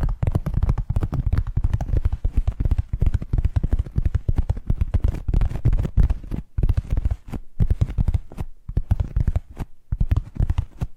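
Rapid tapping triggers, a dense stream of quick, soft knocks with a heavy low thump to each hit and a lighter click on top. The pace stays fast and fairly even, with brief pauses near six and a half, eight and a half, and ten seconds.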